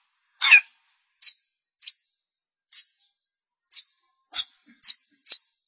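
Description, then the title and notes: Long-tailed shrike song: one harsh rasping note followed by spaced, sharp high chirps, irregularly repeated. "Pentet 201703. Suara burung pentet"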